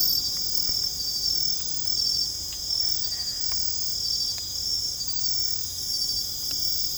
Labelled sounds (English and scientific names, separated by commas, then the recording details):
none
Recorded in secondary vegetation near Puerto Asís, Putumayo, Colombia, on 22 December 2024 at 21:00
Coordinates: 0.468, -76.324
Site G095